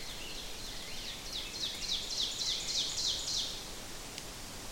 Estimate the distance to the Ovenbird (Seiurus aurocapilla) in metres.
about 45 m